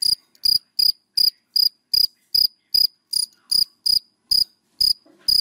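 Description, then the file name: Cricket calling with loud, sharp chirps roughly two to three times a second, steady and insistent against silence. Crickets calling, given by the Vietnamese names dế mèn, dế cơm and dế than. "Tieng de men de com de than keu"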